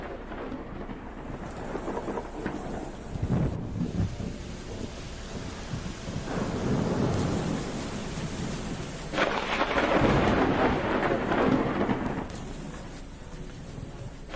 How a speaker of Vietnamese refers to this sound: ở bên ngoài, trời chợt giông bão, sấm sét ầm ầm, làm như kiểu là trời muốn vỡ tung ra.